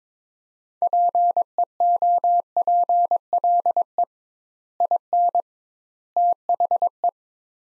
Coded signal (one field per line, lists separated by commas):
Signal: Morse code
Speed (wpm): 22 wpm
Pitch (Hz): 700 Hz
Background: none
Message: PEOPLE IN THE